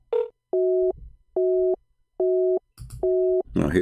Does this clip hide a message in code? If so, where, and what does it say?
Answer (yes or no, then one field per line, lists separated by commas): no